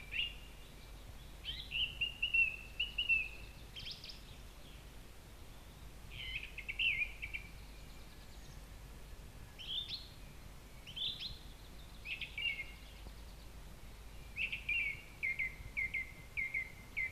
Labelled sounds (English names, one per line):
Song Thrush song